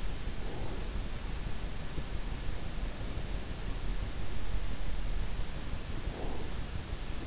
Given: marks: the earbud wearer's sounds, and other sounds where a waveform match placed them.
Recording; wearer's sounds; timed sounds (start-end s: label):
sounds in sleep by an in-ear microphone; breath
0.31-1.12 s: breath
6.00-6.71 s: breath